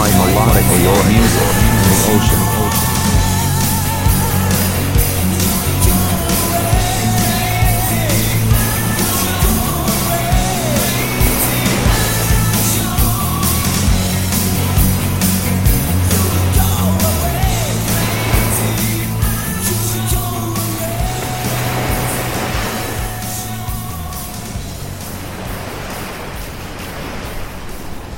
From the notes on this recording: HI DEFINITION AOR MELODIC MUSIC& THE OCEANsound